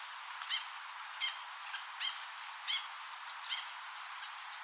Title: LuckyPassaro Completos2Sama. Rufous-headed Tanager (Hemithraupis ruficapilla)